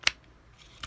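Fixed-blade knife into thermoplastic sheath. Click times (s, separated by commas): 0.1 s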